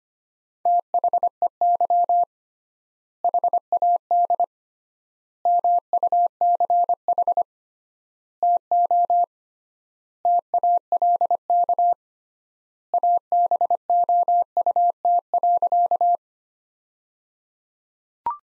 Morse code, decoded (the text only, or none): THEY HAD MUCH TO TALK ABOUT.